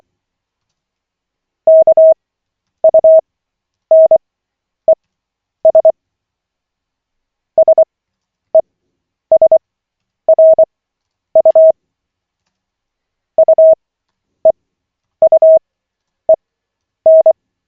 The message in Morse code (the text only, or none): KUNES SESRU UEUEN